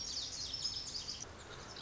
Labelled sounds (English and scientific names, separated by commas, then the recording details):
Lazuli Bunting (Passerina amoena)
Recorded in Sonoma County, California